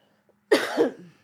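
A single short, harsh cough burst lasting about half a second, with a noisy, moderately loud onset that trails off quickly. It is a cough from an adult, heard in a quiet indoor room.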